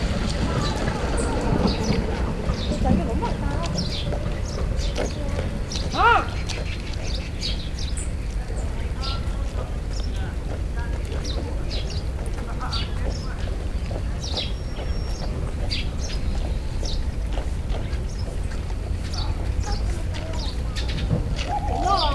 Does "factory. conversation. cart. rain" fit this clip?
yes